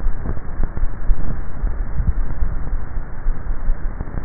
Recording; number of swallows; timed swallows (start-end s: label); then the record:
swallowing sounds by neck microphone; 1
1.65-2.62 s: swallow
From the record:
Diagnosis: dysphagia